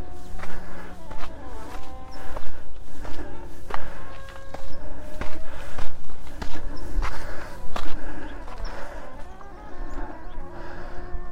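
Someone plays a clarinet, holding short steady notes that shift in pitch every second or so across the middle range. A constant low rumble runs underneath, and frequent sharp knocks and footstep-like thuds break in throughout, with louder bursts around the middle.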